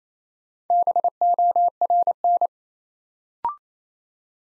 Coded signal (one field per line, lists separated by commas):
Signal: Morse code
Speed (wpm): 27 wpm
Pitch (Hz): 700 Hz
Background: none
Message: BORN